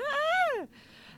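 An adult's loud scream sneeze: a high-pitched voiced cry whose pitch rises and then falls over about two-thirds of a second, breaking off into a quieter breathy rush of air.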